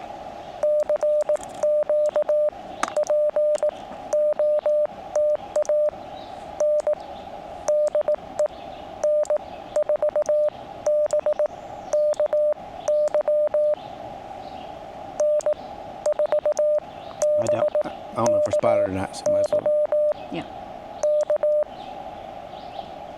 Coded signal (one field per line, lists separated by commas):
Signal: Morse code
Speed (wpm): 18 wpm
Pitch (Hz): 600 Hz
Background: speech, radio noise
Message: CQ POTA N DE N4BKY N4BKY K